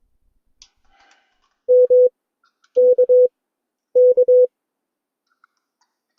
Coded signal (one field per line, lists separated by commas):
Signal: Morse code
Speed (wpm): 22 wpm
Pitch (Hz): 500 Hz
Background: none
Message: M K K